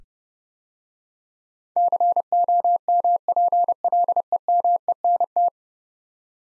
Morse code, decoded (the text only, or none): COMPLEMENT